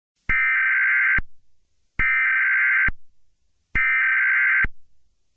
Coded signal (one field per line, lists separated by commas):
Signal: Emergency Alert System (SAME) tones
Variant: header bursts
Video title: EAS Scenario #3: Pharoh's Fury